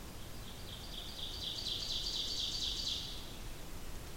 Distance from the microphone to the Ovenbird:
about 90 m